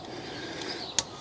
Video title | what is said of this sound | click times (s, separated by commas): HOW TO CODE DIESEL INJECTORS TO YOUR CAR | pipe into place should snap into place | 1.0 s